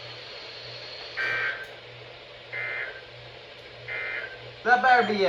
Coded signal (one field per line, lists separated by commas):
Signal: Emergency Alert System (SAME) tones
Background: speech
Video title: The Wild Alertfest - Alerts from 7/15/24 - 7/17/24 (EAS #1144 - 1163)